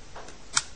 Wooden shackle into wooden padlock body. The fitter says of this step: and make sure it clicks home nicely